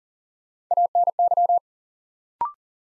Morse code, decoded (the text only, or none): ANY